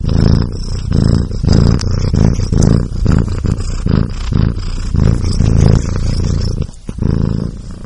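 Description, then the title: Domestic cat purring, a deep rumbling throb rising and falling rhythmically with each breath. A pet cat. "kucingku"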